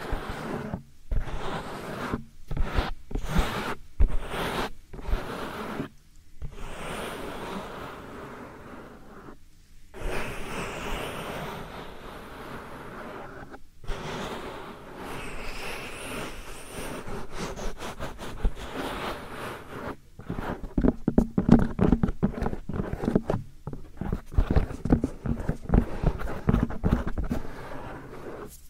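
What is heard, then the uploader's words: Soft powder ear massage: brushing, rubbing sounds that come in short strokes with brief silent gaps in the first several seconds, then turn into longer continuous rubbing. Near the end the strokes grow denser and a little louder, with crisp, rustling detail throughout. ASMR Real Soft Powder Ear Massage (No Talking).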